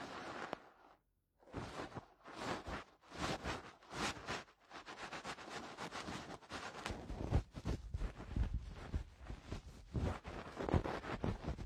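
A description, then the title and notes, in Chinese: Ear cleaning and massage: bursts of scratchy rustling that pause briefly near the start, then grow dense and continuous with soft low thumps. 采耳按摩。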